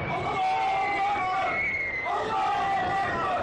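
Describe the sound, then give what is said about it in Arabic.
A crowd of Egyptian soldiers roars the battle cry "Allahu Akbar" in unison after raising Egypt's flag on occupied land: two long drawn-out shouted calls with a brief break between them, loud and continuous with many voices blending together. “انطلقت أصواتهم كالرعد. الله أكبر!”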